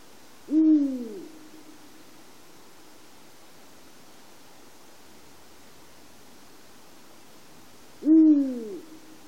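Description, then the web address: Eurasian eagle-owl hooting: a deep, booming note, then a long pause of nearly seven seconds before a second matching hoot, with soft background hiss. Dohoku, on 5 March 2010. "shiryo koe washimimizuku 100305 dohoku hanada"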